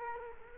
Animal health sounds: mosquito wingbeat signal from an infrared sensor; Culex quinquefasciatus

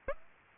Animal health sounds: mosquito wingbeat signal from an infrared sensor; Aedes aegypti

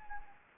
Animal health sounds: mosquito wingbeat signal from an infrared sensor; Anopheles gambiae

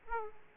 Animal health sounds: mosquito wingbeat signal from an infrared sensor; Aedes aegypti

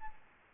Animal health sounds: mosquito wingbeat signal from an infrared sensor; Aedes albopictus

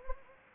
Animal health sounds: mosquito wingbeat signal from an infrared sensor; Anopheles gambiae

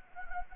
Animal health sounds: mosquito wingbeat signal from an infrared sensor; Anopheles gambiae

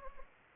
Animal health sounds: mosquito wingbeat signal from an infrared sensor; Anopheles gambiae

